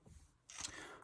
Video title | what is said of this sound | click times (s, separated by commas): How to Install a Lightsaber "GeonObi"- Part 3 of 4 | And when I'm ready, I can just press that in a little bit harder and it should snap into place. | 0.5 s, 0.6 s